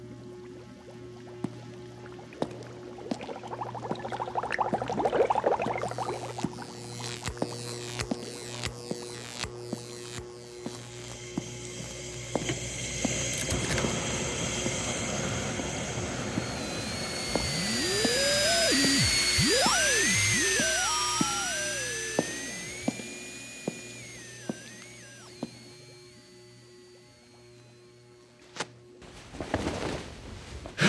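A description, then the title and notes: Spooky Halloween sounds: a steady low hum with scattered clicks, then eerie gliding whistles rising and falling midway, ending in a sudden burst. Spooky Sounds For Halloween.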